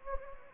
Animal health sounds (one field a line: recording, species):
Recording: mosquito wingbeat signal from an infrared sensor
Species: Anopheles gambiae